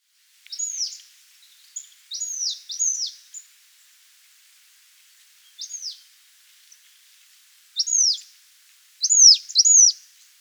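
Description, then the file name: Marsh tit calling, sharp high down-slurred notes given singly or in short groups at irregular intervals, with quiet pauses between bursts. "Poecile palustris"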